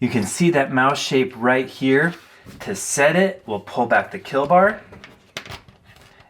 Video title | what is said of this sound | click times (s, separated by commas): This Vintage Mouse Trap From Paris France Is Awesome. Mousetrap Monday. | and you push this piece down so it locks into place that way when you place the cheese or | 5.4 s